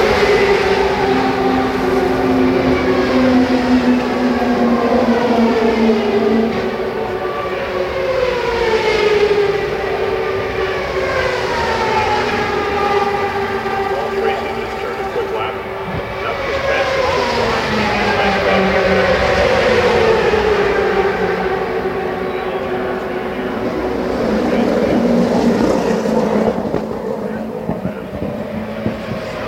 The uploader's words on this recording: The Sounds of Fontana IndyCar, 1998. The CART IndyCar Series event on the Fontana superspeedway. The mighty 2.65-liter turbocharged V8s that made thrilling speed and sounds at the event.